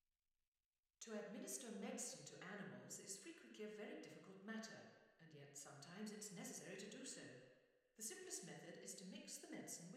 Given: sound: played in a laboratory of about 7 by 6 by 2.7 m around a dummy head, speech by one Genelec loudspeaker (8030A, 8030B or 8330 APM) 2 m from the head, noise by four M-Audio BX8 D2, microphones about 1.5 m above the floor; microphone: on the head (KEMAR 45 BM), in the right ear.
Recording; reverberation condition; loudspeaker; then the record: female speech in English; high; 90 degrees to the right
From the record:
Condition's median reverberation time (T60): about 1300 ms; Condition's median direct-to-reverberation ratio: about -4.0 dB